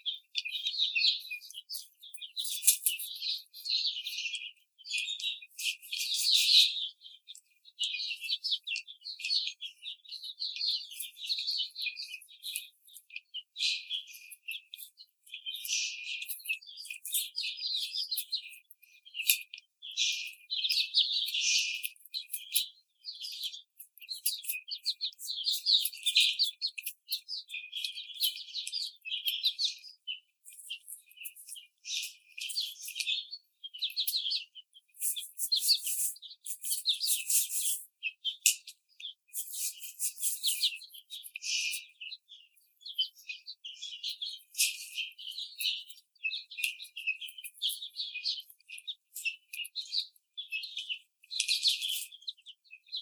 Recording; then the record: young laying hens in a cage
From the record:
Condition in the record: treatment cage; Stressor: simulated dog barking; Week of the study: 5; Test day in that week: 1